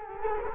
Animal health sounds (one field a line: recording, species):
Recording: mosquito wingbeat signal from an infrared sensor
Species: Culex quinquefasciatus